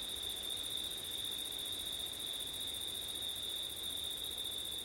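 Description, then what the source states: Dense cricket chorus holding one high continuous note with no gaps. Crickets on a windy September night; ortif recording.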